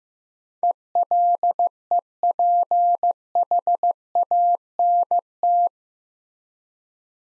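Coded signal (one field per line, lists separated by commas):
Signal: Morse code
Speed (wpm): 15 wpm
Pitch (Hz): 700 Hz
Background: none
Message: ELEPHANT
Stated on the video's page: Morse code practice of eight-letter words at 15 wpm for head-copy, each word sent, then spoken, then sent again.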